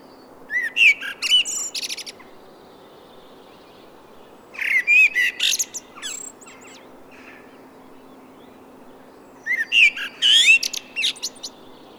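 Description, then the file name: Common blackbird song: three phrases a few seconds apart, each a mellow fluted warble ending in rapid, high, squeaky twitters. "Turdus merula"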